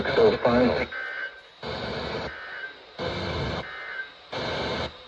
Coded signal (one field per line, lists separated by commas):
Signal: Emergency Alert System (SAME) tones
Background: speech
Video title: CATCHING UP ON THE COUNT - Alerts from 4/15/24 - 4/16/24 (EAS #1006 - 1024)